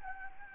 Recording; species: mosquito wingbeat signal from an infrared sensor; Anopheles gambiae